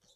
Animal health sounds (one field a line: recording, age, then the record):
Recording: pig call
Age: piglet (1 to 25 days)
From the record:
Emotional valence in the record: positive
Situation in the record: short reunion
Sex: male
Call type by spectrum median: high-frequency call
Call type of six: mixed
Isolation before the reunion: 3 minutes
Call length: 0.16 s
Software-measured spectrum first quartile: 2588 Hz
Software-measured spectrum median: 4094 Hz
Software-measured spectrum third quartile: 6785 Hz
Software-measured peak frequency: 3788 Hz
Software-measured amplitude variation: 112 dB a second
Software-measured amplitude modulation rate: 9.4 a second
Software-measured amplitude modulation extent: 12.0 dB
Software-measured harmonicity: 3.1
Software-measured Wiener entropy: -1.75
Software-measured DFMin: 485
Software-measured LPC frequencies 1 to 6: 572, 1587, 3815, 6000, 6883, 7554 Hz